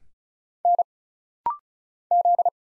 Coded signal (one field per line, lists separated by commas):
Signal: Morse code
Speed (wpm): 34 wpm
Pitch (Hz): 700 Hz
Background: none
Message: N Z